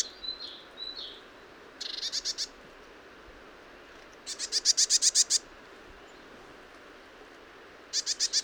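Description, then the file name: Eurasian blue tit giving thin high whistles, then repeated fast series of sharp, scratchy high notes, the longest burst around ten notes, against faint steady hiss. "Cyanistes caeruleus"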